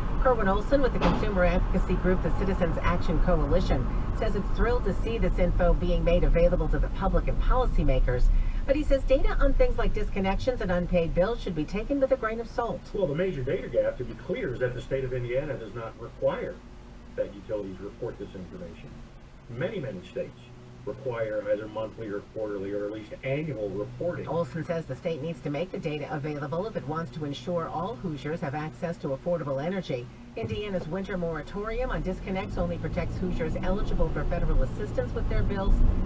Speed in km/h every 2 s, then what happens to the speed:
40, 35, 31, 21, 13, 6, 0, 0, 0, 0, 0, 0, 0, 0, 0, 0, 0, 19.
0-11 brakes to 0. 11-32 standing. 32-36 pulls away to 19.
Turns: none.